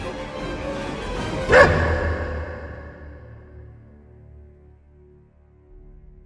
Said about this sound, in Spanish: De pronto la mujer se cayó, descolgó el saco de la percha, se lo puso a los tirones y, sin que el hombre hiciera ningún ademán para impedirlo, salió a la calle, dando un portazo tan violento que el perro no tuvo más remedio que ladrar.